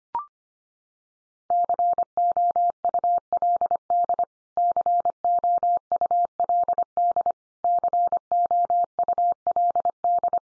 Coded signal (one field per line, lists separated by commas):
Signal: Morse code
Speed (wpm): 25 wpm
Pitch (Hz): 700 Hz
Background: none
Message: COULD COULD COULD